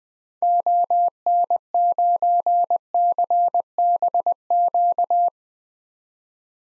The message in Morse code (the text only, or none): ON9CBQ